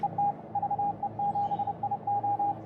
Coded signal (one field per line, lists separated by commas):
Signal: Morse code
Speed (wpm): 30 wpm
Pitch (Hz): 810 Hz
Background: radio noise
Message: ET VE7IO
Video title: Battle of the Bands: QRP POTA with Friends at Scioto Trail State Park!